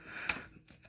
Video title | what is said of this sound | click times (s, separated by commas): 2011-2014 Dodge Charger RT (130,000 Miles!!! first change) - How to Change Spark Plugs | it on make sure you hear that click and then make that a click put | 0.3 s